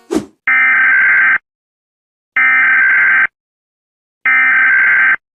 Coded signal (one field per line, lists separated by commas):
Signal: Emergency Alert System (SAME) tones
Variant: header bursts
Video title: EAS Alarm - But I Replaced With My Voiced (Part 1)